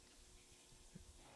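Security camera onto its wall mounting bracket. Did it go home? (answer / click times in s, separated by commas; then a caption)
no / none. An outdoor security camera is being slid onto its installed wall mounting bracket, heard as a steady hiss with a few faint low bumps around 1.0 s. Nothing has seated or clicked yet.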